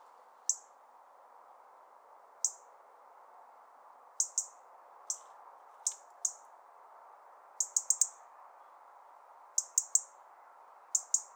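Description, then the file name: European robin ticking calls: sharp, very high clicks, some single and some in quick runs of two to four, repeated irregularly over a constant low hiss. "Erithacus rubecula"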